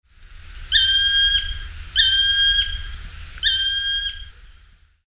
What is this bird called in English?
Black Woodpecker